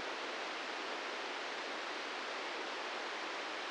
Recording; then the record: brain microelectrode recording played as sound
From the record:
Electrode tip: inside the subthalamic nucleus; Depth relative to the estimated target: -4 mm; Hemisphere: left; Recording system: NeuroSet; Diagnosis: Parkinson's disease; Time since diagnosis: 13 years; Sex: male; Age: 66 years